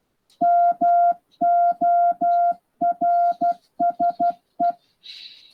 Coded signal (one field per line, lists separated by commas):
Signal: Morse code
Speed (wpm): 12 wpm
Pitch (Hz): 700 Hz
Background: none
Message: MORSE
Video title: InterClub Video: Morse For Beginners by John G4EDX